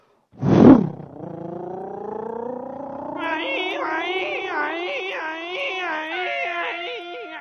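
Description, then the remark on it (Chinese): A voice imitates a police siren during a comic crosstalk performance, opening with a short loud burst, then holding a long wailing tone that climbs slowly before breaking into a wobbling, warbling rise and fall. “你这哪是警笛叫唤呢？”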